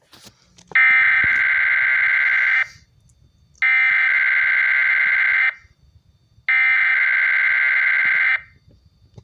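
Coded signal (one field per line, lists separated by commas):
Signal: Emergency Alert System (SAME) tones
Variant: header bursts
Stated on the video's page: Relay of a weather radio Required Weekly Test, received hours earlier and retransmitted.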